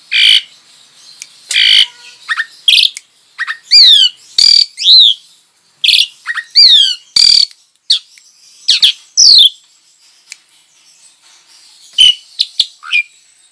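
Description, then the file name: Javan pied starling giving harsh squawks and sharp rising-falling whistles in uneven bursts, several loud phrases close together, then a long quieter pause before a final few notes. Lure call (pancingan) of the Javan pied starling, used to attract birds. "suara pancingan jalak suren"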